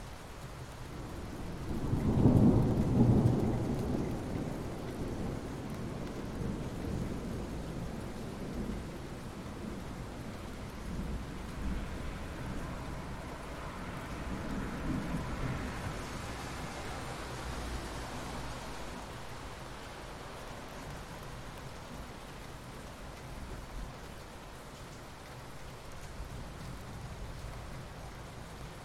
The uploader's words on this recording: Calming Thunder and Rain Sounds.